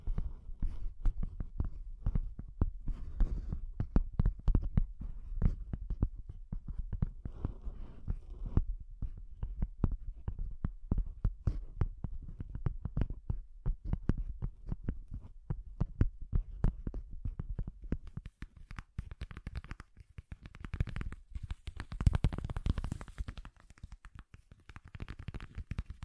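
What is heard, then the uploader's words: Soft, bassy tapping runs through the whole clip as a dense, irregular patter of dull thuds, heaviest in the low end. The taps thin out briefly near 18 seconds, then return with some brighter, crisper hits around 20 to 24 seconds. ASMR Bassy and Soft Tapping Sounds.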